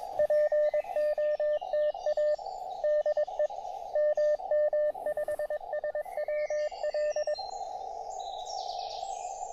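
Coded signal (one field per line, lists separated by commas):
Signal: Morse code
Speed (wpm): 22 wpm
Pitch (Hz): 600 Hz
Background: radio noise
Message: POTA DE MM5SWL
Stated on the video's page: 5W QRP CW POTA activation on the River Tweed estuary with Elecraft KX2, paddles and random wire antenna.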